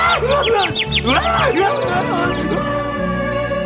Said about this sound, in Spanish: ¡Un pajarito!